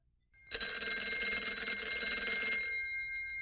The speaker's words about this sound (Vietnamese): Sáng ngày hôm sau, khi tiếng báo thức kêu lên thì Nam cũng tỉnh giấc.